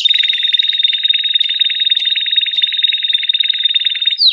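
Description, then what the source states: Canary song: one continuous rapid rattling trill held at an even pitch for several seconds, ending with a brief upward sweep. Competition canary with national champion song, used for training songbirds.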